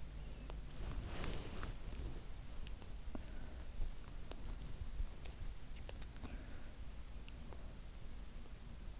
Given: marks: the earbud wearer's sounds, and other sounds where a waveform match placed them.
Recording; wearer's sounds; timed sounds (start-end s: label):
sounds in sleep by an in-ear microphone; body movement
0.71-2.23 s: body movement